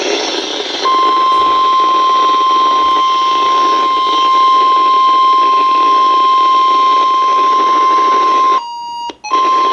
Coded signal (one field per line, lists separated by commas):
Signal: Emergency Alert System (SAME) tones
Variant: 1050 Hz attention tone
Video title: RALEIGH PROVED HER WRONG... EAS Alerts from 8/12/18 (EAS #1,611 - 1,613)